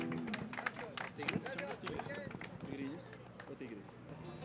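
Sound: audience applause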